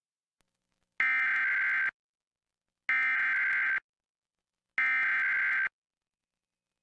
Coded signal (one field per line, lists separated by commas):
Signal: Emergency Alert System (SAME) tones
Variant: header bursts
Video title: EVI Fire in Inyo County (EAS #10618-10619) 4/6/23